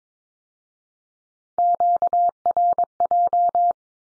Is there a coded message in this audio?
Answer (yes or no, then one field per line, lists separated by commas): yes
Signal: Morse code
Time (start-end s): 1.6-3.7 s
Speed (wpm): 22 wpm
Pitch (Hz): 700 Hz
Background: none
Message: QRJ